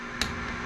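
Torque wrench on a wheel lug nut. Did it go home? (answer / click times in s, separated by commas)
yes / 0.2 s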